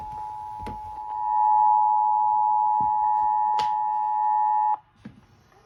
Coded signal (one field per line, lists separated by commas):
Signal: Emergency Alert System (SAME) tones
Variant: 853 and 960 Hz attention tone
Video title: NC CAE (EAS 2991)